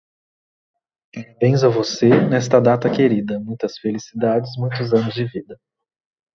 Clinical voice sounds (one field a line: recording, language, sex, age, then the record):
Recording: short text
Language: Brazilian Portuguese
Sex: male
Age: 30 to 39 years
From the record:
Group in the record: control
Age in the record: 39 years